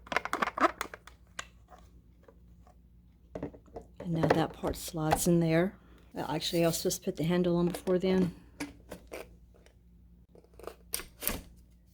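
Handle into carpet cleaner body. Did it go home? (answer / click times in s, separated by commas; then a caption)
yes / 10.9 s, 11.3 s. A plastic handle is slid into the body of a Hoover PowerDash carpet cleaner. Someone talks, and there is some rustling handling noise. The handle clicks into place at 10.9 s and 11.3 s and is seated.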